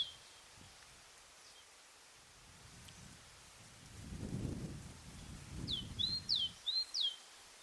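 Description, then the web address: Great tit song phrases come near the end, a few quick two-note repeats, following and partly overlapping low rumbling noise. "pub SETE data Parus major"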